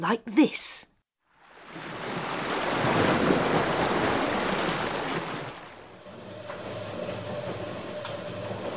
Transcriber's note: fx: montage: sea / washing machine / wind